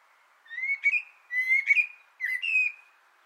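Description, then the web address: Common blackbird song, three short whistled phrases. Singing from an antenna, 6 June 2025. "sammel Naturinspelningar Koltrast på antennen 2025 06 06"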